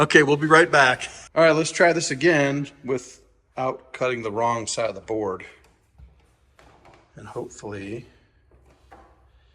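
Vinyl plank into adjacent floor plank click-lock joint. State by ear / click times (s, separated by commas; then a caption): not seated / none. Someone talks while a vinyl plank floor board, recut after the wrong side was cut the first time, is handled to be pressed into the click-lock joint of the neighbouring floor plank. Faint short handling sounds come at about 6.6 s and 6.9 s, followed by quieter talk. Nothing has seated or clicked yet.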